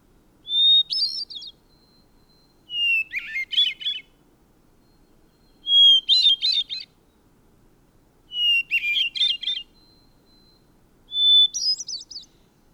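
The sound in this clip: Bird song repeated five times at fairly regular intervals, each phrase a pure whistled note then a fast buzzy twitter.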